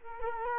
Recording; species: mosquito wingbeat signal from an infrared sensor; Culex quinquefasciatus